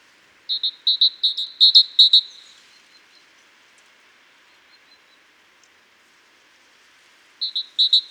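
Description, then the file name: Great tit song, a run of about five high paired notes, then a long quiet gap before another phrase series starts. "Parus major"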